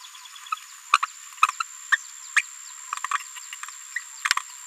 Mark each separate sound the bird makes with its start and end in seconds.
0.93-0.97, 1.02-1.05, 1.43-1.46, 1.60-1.62, 1.92-1.97, 2.36-2.41, 3.96-3.99